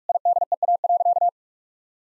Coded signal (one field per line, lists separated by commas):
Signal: Morse code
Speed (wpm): 46 wpm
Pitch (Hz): 700 Hz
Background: none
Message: IDEA.